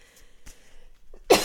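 An adult woman gives a single cough, from a tickle in her throat.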